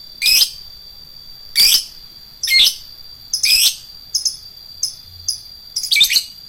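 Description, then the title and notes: Lovebird song: loud, buzzy high chirps about a second apart, ending with quicker softer notes and a final burst. Adult fighter-type lovebird. "LOVEBIRD FIGTER. Lovebird Dewasa"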